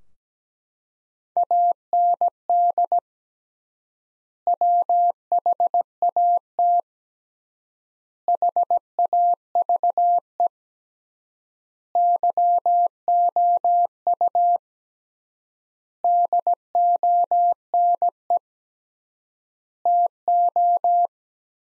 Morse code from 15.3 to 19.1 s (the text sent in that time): DONE